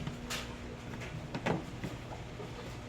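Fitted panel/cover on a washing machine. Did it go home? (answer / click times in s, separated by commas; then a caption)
yes / 1.4 s, 1.5 s. Someone pushes a fitted panel or cover on a new automatic washing machine during unboxing until it locks into place. Two quick, sharp clicks sound at about 1.4 s and 1.5 s over low room noise, followed by a softer knock near 1.8 s. The part is seated.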